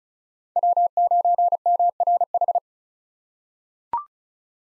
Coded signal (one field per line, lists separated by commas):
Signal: Morse code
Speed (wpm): 36 wpm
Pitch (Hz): 700 Hz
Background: none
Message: W9MRH